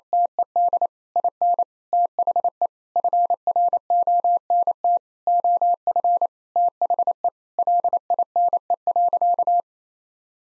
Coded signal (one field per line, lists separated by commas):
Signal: Morse code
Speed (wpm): 28 wpm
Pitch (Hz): 700 Hz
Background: none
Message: TED IN THE FRONT OF THE LINE.